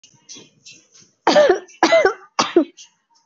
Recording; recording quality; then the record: heavy voluntary cough; excellent, no background noise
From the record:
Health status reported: exposed to COVID-19, no respiratory illness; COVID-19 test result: negative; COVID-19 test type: RT-PCR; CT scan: not taken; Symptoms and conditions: cold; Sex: female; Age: 27 years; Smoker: no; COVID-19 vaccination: both doses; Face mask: worn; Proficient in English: yes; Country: India